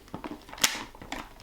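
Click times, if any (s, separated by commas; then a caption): 0.6 s. After the visor is refitted on an Arai RX-7V motorcycle helmet, a plastic side pod cover ("little ear") is snapped down into position over the visor pivot on the helmet shell. Light handling clicks lead up to a single sharp, bright snap at 0.6 s, followed by a few softer taps. The side pod is seated in place.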